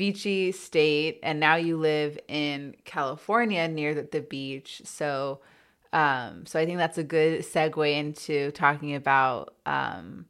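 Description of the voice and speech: One woman speaks fluently and clearly at a relaxed conversational pace, with brief natural pauses and filled "um" hesitations.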